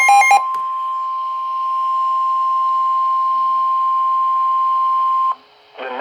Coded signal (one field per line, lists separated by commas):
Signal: Emergency Alert System (SAME) tones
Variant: 1050 Hz attention tone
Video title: SEVERE THUNDERSTORM WARNING EAS 18 Diego Chavez DFW EAS ( READ DESCRIPTION)